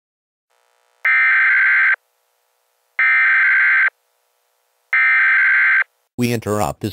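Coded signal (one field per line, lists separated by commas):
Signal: Emergency Alert System (SAME) tones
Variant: header bursts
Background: speech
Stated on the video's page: Mock-up emergency alert for a fictional scenario.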